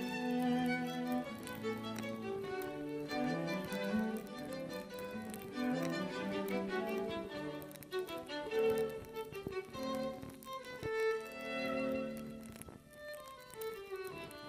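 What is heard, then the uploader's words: Classical music plays throughout, with layered melodic lines moving steadily over sustained lower notes at an even, moderate level. Faint soft crackles and ticks sit beneath the music, scattered irregularly across the whole passage. Reading Nook w Candles and Classical Music. Listen to candle flickering. Hand picked Classical classics by Mozart, Beethoven, Handel, Chopin, Bach, and Tchaikovsky.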